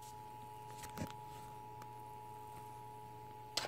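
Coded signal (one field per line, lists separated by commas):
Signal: Emergency Alert System (SAME) tones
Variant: 853 and 960 Hz attention tone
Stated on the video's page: Severe thunderstorm warning received on TV.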